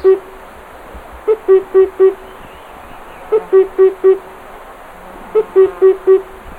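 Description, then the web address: Himalayan cuckoo call: deep hollow hoots in groups of four, repeated roughly every two seconds over low rumbling noise. "Himalayan cuckoo. کوکوی-هیمالیایی"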